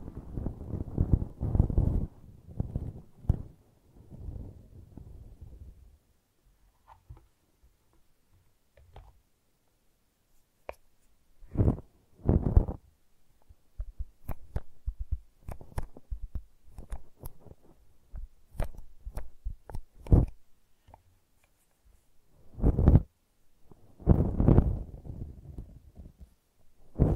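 Brushing and scratching come in uneven bursts, with heavier, fuller strokes near the start and again around 12, 23 and 25 seconds. Between them are sparse, sharp little scratches and clicks over long quiet stretches, especially from about 5 to 11 seconds.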